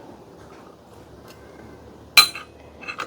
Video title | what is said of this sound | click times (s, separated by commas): เลื่อยวงเดือนไร้สาย OSUKA กับงาน DIY | ก็พอดีนะฮ20มันก็เข้าล็อคพอดี | 2.2 s